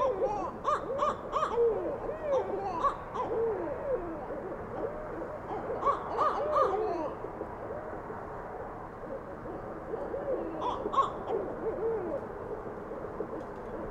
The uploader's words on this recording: Barred Owls. Recorded shortly before 11:30pm April 20, 2016 in west Dyke Marsh with Fostex FR2, Sennheiser ME62, Telinga Parabola. About 25 hours short of a Full Moon, mainly clear skies, 56 degrees.